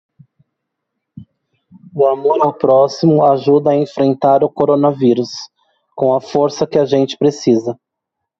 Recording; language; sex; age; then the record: spoken sentence; Brazilian Portuguese; male; 30 to 39 years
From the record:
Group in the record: control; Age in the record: 31 years